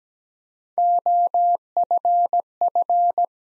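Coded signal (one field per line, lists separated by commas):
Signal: Morse code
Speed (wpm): 17 wpm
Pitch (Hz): 700 Hz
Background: none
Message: OFF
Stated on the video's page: Morse practice sentences built from the top 300 words at 17 wpm with 4x word spacing, a word-based analogue of Farnsworth spacing.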